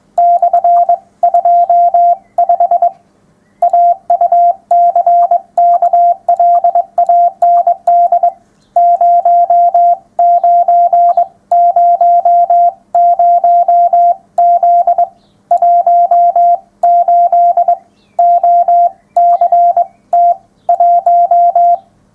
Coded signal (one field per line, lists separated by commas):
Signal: Morse code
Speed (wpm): 22 wpm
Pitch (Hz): 700 Hz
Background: none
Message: /25 AUCKLAND 0900Z 18 OCT 1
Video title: 975. Morse Code part 3 of 3. 11m37s